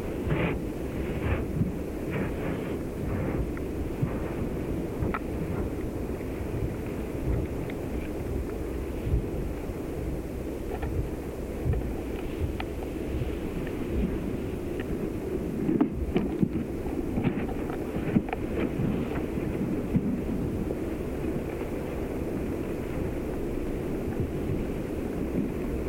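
Coastal dunes at Studland Nature Reserve give a steady, dense low rumble of wind, with faint sea-like wash underneath and little above the mid range. Brief soft clicks and ticks break through now and then, clustering around the middle of the recording.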